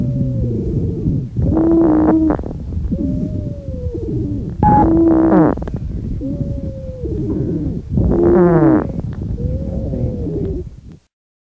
Wheeze, sometimes called a roncus, is a musical pulmonary sound. Wheezes may be described as high-pitched, in which case they are also called sibilant ronchi. A high-pitched wheeze.